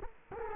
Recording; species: mosquito wingbeat signal from an infrared sensor; Culex quinquefasciatus